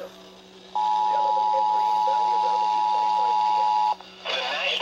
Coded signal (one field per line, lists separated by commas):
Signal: Emergency Alert System (SAME) tones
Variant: 853 and 960 Hz attention tone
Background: speech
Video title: Chaotic Hellstorm VI Holiday Hell | EAS Alerts From 12/10/2021 (EAS #1,132-1,192)